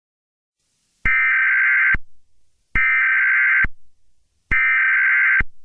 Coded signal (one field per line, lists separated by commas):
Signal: Emergency Alert System (SAME) tones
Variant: header bursts